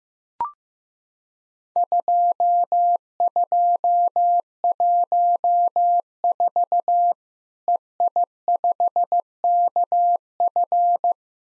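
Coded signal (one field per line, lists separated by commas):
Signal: Morse code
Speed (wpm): 15 wpm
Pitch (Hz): 700 Hz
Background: none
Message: 2214 EI5KF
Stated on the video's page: Worked All Europe DX contest QTC exchange copying drill at 15wpm, sent in Morse, spoken, then sent again.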